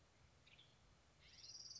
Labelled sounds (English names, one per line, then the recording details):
Western Tanager
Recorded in Sonoma County, California